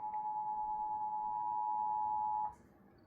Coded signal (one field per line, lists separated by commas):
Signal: Emergency Alert System (SAME) tones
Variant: 853 and 960 Hz attention tone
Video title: Eas svr on npt live stream Eas#805